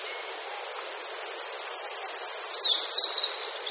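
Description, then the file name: Asian stubtail: a very high, thin, insect-like pulsing hiss that swells gradually for about three seconds, then a few lower bird notes. "yabu"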